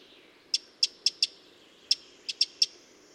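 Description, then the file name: Eurasian wren making hard, high tick notes, eight in all, with a short break midway. "Troglodytes troglodytes"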